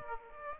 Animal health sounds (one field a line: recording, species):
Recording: mosquito wingbeat signal from an infrared sensor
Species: Aedes aegypti